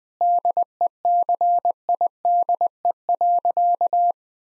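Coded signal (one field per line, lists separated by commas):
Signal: Morse code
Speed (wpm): 20 wpm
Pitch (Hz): 700 Hz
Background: none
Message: DECIDE.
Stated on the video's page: 20 wpm Morse practice: sentences with common five-word phrases, first words spoken before sending, each sentence sent twice for head-copy.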